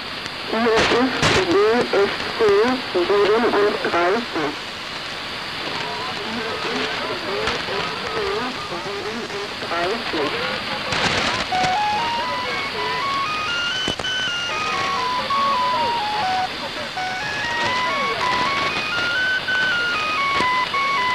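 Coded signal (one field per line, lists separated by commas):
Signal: numbers station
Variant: G14 (DFC-37), German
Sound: short evenly spaced spoken syllables in static, then a sequence of stepping whistle-like tones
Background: radio static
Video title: Zahlensender/Number Station "G14" ("DFC-37") (14.05.1983) (19:05 UTC)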